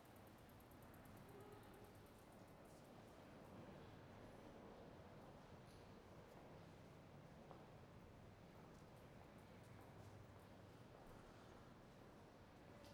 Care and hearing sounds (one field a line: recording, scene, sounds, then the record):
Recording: everyday scene through a hearing-aid microphone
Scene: reverberant space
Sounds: background noise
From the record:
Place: railway station hall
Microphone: behind the ear, right, rear